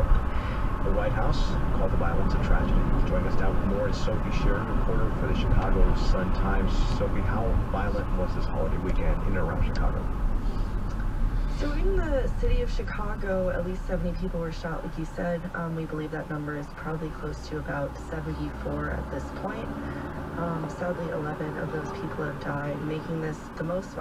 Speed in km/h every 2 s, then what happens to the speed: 58, 56, 52, 47, 37, 24, 15, 0, 0, 0, 0, 0.
0-13 brakes to 0. 13-24 standing.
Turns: none.